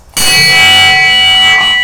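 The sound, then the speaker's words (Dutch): A loud bell signalling that tea is ready rings out with a sharp clang, then holds a bright, sustained metallic tone with layered high overtones that slowly fades over nearly two seconds. “Oh, is dat ook deze bel of niet?”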